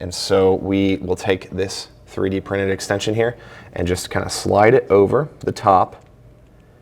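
A 3D-printed plastic extension is being slid over the top of the mounting fork for a P3 gauge in a G80 M3 Competition, to extend the fork now that it has been moved down to the bottom flat. Someone talks throughout, with only faint handling sounds. The extension has not clicked or seated into place yet.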